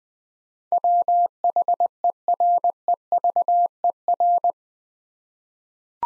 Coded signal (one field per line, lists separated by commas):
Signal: Morse code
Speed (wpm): 20 wpm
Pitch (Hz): 700 Hz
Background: none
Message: WHEREVER